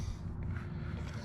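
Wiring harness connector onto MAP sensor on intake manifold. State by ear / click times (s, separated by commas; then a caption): seated / 0.6 s. A wiring harness electrical connector is pushed onto the MAP sensor on the intake manifold of a 2009 Hemi 1500 TRX4 build. A sharp click is heard at 0.6 s over a steady low rumble as the connector locks and seats.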